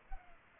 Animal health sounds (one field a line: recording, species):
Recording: mosquito wingbeat signal from an infrared sensor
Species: Culex pipiens